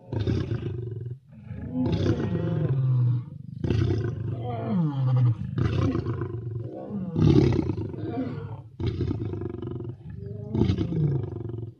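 Lion roaring in a series of several deep, rasping bursts separated by short pauses.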